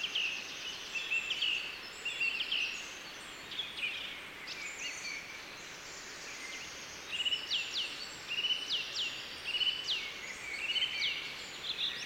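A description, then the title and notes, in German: In a small deciduous forest, steady soft rustling fills the air while bright birdsong chirps and trills come in frequent bursts. Es geht in einen kleinen Laubwald in den Allgäuer Bergen, dort hören wir dem Rauschen des Waldes zu.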